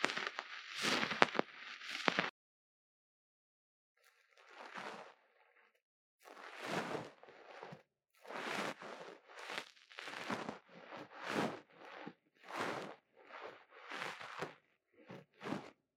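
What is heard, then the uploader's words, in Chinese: Ear cleaning with a fuzzy pom-pom brush: soft crackling, rustling strokes come in rhythmic bursts, after an early pause and quieter stretch. 貫穿腦門的絨毛毛球觸發 | Lo-fi | Brain Penetrating Ear Cleaning | NO Talking。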